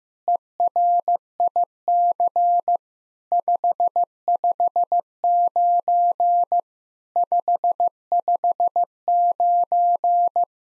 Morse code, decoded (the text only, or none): ERIC 559 559